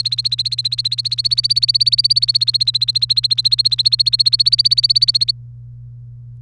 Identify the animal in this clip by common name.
Domestic Canary